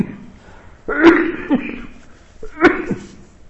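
Two abrupt, harsh adult coughs about one and a half seconds apart, with a throat-clearing quality, heard during a sermon.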